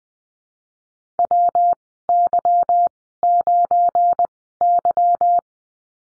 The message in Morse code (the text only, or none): WY9Y